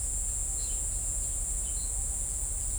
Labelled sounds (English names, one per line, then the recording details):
none
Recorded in shrubland near Pivijay, Magdalena, Colombia, on 2 June 2023 at 09:00
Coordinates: 10.453, -74.365
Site P5-G022